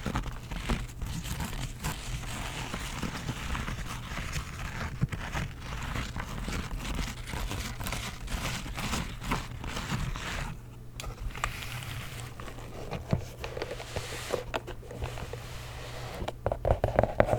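A handheld game console case is handled, with dense, irregular clicks, rubs and crinkly scrapes throughout. A low steady hum runs underneath, shifting slightly near ten seconds. The handling grows louder and sharper over the final two seconds.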